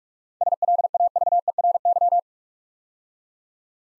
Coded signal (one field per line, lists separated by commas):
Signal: Morse code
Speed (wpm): 44 wpm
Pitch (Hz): 700 Hz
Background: none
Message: SLAVERY